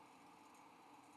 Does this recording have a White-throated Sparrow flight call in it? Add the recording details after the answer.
no. No flight call is heard. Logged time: 05:11 on 5 December 2014